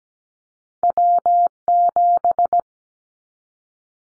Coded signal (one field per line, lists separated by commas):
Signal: Morse code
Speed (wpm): 17 wpm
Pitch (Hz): 700 Hz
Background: none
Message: W7